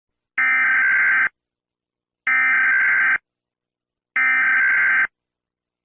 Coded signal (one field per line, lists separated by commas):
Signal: Emergency Alert System (SAME) tones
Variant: header bursts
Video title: SCP EAS ￼